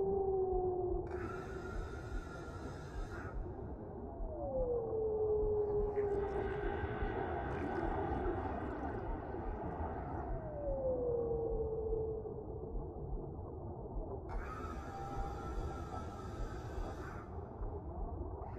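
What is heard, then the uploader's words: Whales sing over a constant low underwater rumble, with long moaning calls that slide downward in pitch around five and ten seconds. Bursts of bright, buzzing pulses come near the start and again near the end, and a swelling, rising call fills the middle. Whales Singing. Underwater sounds, peaceful water noise.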